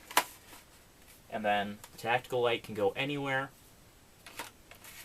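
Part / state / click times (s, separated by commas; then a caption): tactical light accessory onto a toy blaster rail / not seated / none. A plastic tactical light accessory is handled near the rail of a toy foam-dart blaster, with a sharp tap at the start and soft handling knocks around 4.3–4.7 seconds while someone talks in between. Nothing has seated or clicked onto the rail yet.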